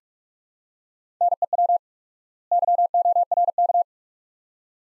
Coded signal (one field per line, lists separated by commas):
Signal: Morse code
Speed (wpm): 47 wpm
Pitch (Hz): 700 Hz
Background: none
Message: NEW YORK